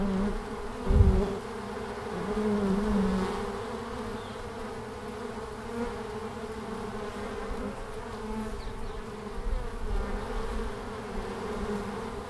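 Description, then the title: Honey bees humming continuously, a low layered drone with occasional louder fly-bys. Bees flying out in large numbers at the hive entrance, Langel, Köln, Germany, March, 20 °C, sunny hours; recorder directly below the entrance hole, some bees briefly caught on the windshield fur. "Langel, Köln, Deutschland - Bienen im März. Bees in march"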